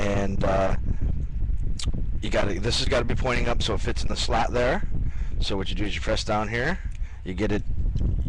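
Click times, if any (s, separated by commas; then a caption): none. Someone talks while handling a plastic toy part during a transformation, turning it so it points up to fit the slat in the action figure body, then pressing down to guide it toward a hole where it must click into place. A sharp tap is heard near 1.8 s, but the clip ends before the part goes home, and nothing has seated or clicked yet.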